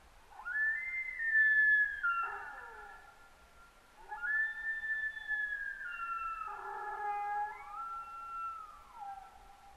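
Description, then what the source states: Sika deer whistles: several overlapping high, wavering whistles that slide and fall in pitch, coming in two main bouts a few seconds apart over a quiet background. Binaural recording.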